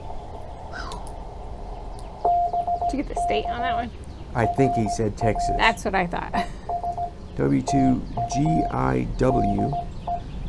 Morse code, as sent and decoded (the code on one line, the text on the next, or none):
-... -.- / .-. .-. / . ... / - ..- / -.. .
BK RR ES TU DE